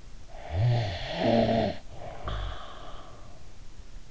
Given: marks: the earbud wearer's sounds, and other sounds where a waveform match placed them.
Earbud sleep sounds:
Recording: sounds in sleep by an in-ear microphone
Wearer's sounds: snoring breath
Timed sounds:
0.32-3.42 s: snoring breath

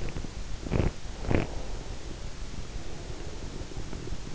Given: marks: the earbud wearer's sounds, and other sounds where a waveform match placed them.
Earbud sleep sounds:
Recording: sounds in sleep by an in-ear microphone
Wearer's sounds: breath, teeth grinding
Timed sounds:
0.00-0.32 s: breath
0.00-1.82 s: teeth grinding
1.08-4.35 s: breath

